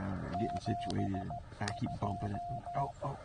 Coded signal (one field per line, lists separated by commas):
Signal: Morse code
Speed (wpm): 16 wpm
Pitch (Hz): 690 Hz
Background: speech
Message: 72